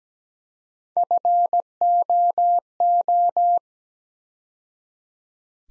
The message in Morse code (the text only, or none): FOO